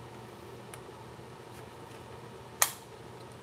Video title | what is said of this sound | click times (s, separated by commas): Tamiya buildoff 2 lunchbox part1live with rc family | You hear that click? That's what you want to hear. You want to make sure it clicks. | 2.6 s